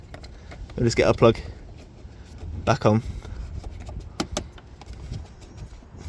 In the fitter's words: until we hear a click sorted